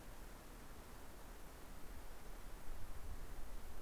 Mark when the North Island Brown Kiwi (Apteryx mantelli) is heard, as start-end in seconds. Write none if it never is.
none